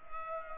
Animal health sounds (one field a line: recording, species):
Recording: mosquito wingbeat signal from an infrared sensor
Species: Culex pipiens